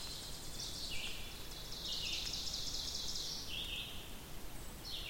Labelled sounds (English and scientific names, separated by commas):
Ovenbird (Seiurus aurocapilla) song